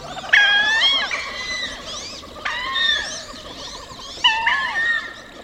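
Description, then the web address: Wood duck calls: loud, squealing notes in three bursts with short pauses between. Female giving a loud call in flight, telling the male where his mate is. "Birdnote. Wood Ducks Succeed"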